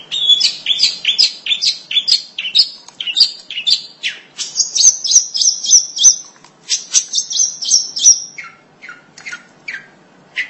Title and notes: Suara burung pentet